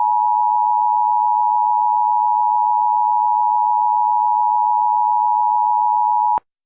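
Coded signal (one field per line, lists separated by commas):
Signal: Emergency Alert System (SAME) tones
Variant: 853 and 960 Hz attention tone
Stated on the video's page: Fictional EAS scenario based on the film War of the Worlds, containing valid EAS tones.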